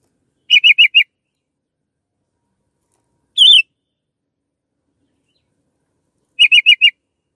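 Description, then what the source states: Canary giving quick runs of four clipped, high, repeated notes, with a single chirp between the two runs, in otherwise silent surroundings. Long-duration recording used as a tutor for training birds.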